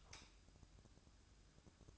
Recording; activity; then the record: daily activity, microphone in the room; light off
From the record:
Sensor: 2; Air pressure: 1007.7 hPa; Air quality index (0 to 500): 93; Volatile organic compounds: 1 ppm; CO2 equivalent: 711 ppm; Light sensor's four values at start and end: 12/33/13/13 and 7/17/7/7